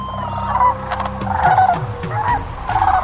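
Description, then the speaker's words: Sandhill cranes calling, rolling rattly bugles from several birds overlapping. Many cranes in central Nebraska at the horseshoe bend of the Platte River, where thousands gather each spring while migrating north to nesting grounds. "That's the sound of sandhill cranes in central Nebraska."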